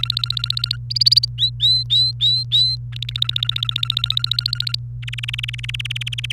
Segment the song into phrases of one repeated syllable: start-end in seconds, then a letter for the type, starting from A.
0.00-0.76 A, 0.90-1.25 B, 1.38-2.75 C, 2.92-4.75 A, 5.02-6.32 D